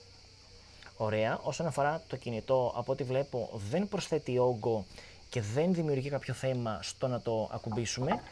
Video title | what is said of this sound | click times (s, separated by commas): Huawei Mate X3 unboxing (Greek) #huaweimatex3 #unboxingvideo | Αυτό λοιπόν έρχεται και κουμπώνει έτσι. Ωραία. | 0.8 s